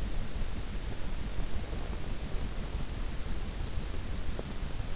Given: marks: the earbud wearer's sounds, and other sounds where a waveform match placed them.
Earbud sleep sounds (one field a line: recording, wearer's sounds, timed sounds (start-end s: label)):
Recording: sounds in sleep by an in-ear microphone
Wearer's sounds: breath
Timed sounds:
1.38-3.76 s: breath